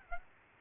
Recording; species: mosquito wingbeat signal from an infrared sensor; Aedes aegypti